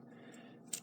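During reassembly of a 1911 pistol, the recoil spring plug is rotated at the muzzle end against the slide/barrel bushing under a low, steady background noise. At 0.7 s a short, sharp, bright click rings out as the plug pops into place, and it is seated.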